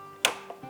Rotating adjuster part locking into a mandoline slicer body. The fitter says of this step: Okay, so those are locked into place.